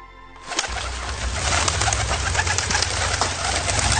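Low, throaty cooing from a dove repeats in a steady rhythm over a broad hiss of background noise, beginning after a brief quiet moment at the start.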